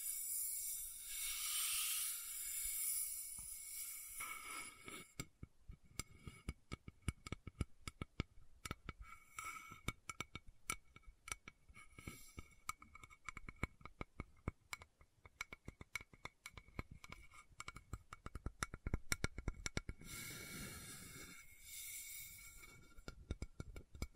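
Lid sounds and bottle tapping: a bright, hissing scrape fills the first five seconds, then gives way to rapid, irregular clicks and taps running through the middle. Around twenty seconds the scratchy hiss returns briefly before the tapping resumes to the end.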